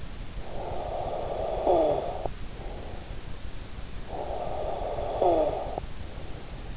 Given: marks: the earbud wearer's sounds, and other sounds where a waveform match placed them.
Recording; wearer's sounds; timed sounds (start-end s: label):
sounds in sleep by an in-ear microphone; snoring breath
0.40-3.33 s: snoring breath
3.78-6.77 s: snoring breath